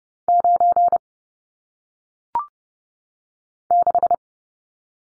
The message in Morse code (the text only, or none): 9 6